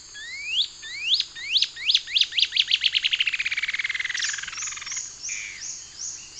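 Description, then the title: Cinereous antshrike with rising whistled notes that quicken into a long, descending rattled trill, then stop; steady high insect pulsing continues in the background. Subspecies Thamnomanes caesius glaucus. "LuckyPassaro Completos2Sama. Cinereous Antshrike (Thamnomanes caesius glaucus)"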